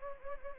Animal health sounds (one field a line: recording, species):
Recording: mosquito wingbeat signal from an infrared sensor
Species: Anopheles gambiae